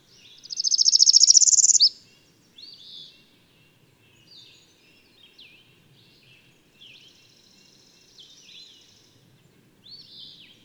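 Bird song: a single fast high trill, followed by a sequence of faint thin whistles and chips.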